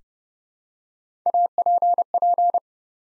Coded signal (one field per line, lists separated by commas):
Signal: Morse code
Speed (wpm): 29 wpm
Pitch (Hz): 700 Hz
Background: none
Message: APP